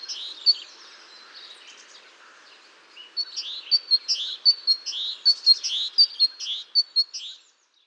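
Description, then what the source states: Great tit song: a few faint chirps at first, then a bright two-note phrase repeated many times in a see-sawing 'teacher-teacher' rhythm. Males singing to mark territory and attract a partner at the start of the breeding season; resident year-round in gardens, using nest boxes or cavities.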